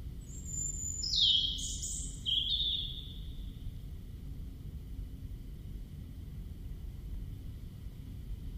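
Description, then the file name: European robin singing two high phrases of thin whistles and quick twittering notes in the first few seconds, then only low background rumble. "Erithacus rubecula"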